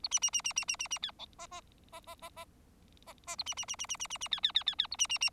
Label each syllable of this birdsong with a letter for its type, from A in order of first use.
A B B B B B B B B C D E E E E A B B B B B B B B C C C C C A B B B